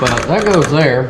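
An add-on security lock bar is handled at a sliding patio door frame while someone talks, and faint tapping sounds sit under the voice. The clip ends before the bar drops into place on the track, so nothing has seated or clicked yet.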